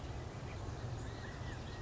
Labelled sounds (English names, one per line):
California Quail